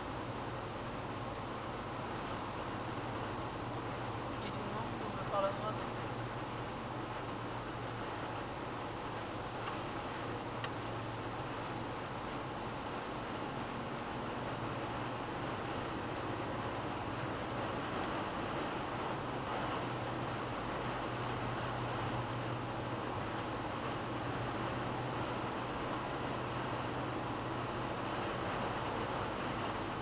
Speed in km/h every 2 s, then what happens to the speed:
130, 127, 126, 123, 120, 120, 123, 126, 128, 130, 130, 128, 129, 131, 130.
0-8 slows to 120. 8-30 steady at about 128.